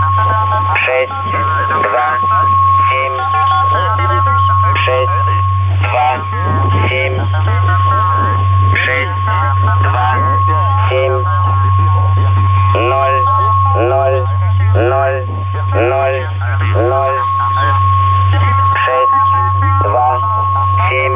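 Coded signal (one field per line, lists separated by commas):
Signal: numbers station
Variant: S06 Russian Man, Russian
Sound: a man's voice speaking steadily over radio, with a constant whistle and low hum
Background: radio static, carrier whistle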